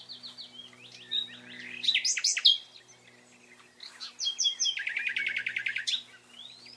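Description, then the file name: Common nightingale singing repeated quick whistles, then loud rising notes, a short pause and a fast pulsing trill, over a faint low hum. "Luscinia megarhynchos"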